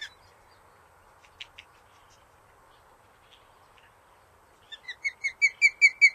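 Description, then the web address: Osprey calls: near silence with a few faint ticks, then a series of high whistled chirps building in loudness. North America. "Songs of Birds of North America Stokes. Osprey"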